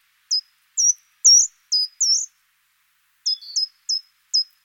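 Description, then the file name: Short-toed treecreeper calls: a run of five high, piercing notes about half a second apart, a pause, then four more, with a faint lower note beneath. "Grimpereau des jardins"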